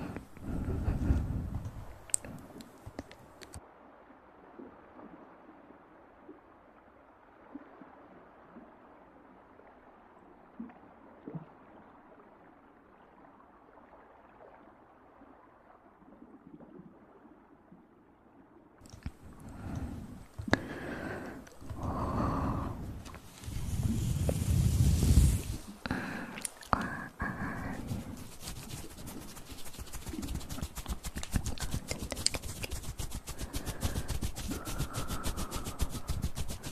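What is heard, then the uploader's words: Hand and mouth sounds come in uneven bursts: rubbing, blowing and breathy puffs with strong low thumps at the start. From about 4 to 19 seconds it turns to a quieter, muffled murmur, then returns louder and busier with frequent rustles, pops and airy blasts near 25 seconds. Hand Sounds & Mouth Sounds.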